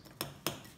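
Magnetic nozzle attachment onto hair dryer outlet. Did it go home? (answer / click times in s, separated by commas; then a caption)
yes / 0.5 s. A magnetic nozzle attachment is put onto the outlet of a Dyson hair dryer, where magnets hold it. Sharp plastic taps sound at about 0.2, 0.5 and 0.8 seconds, and the loudest, at 0.5 seconds, is the snap as the attachment seats and holds well.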